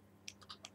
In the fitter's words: and it's locked into place